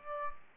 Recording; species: mosquito wingbeat signal from an infrared sensor; Aedes aegypti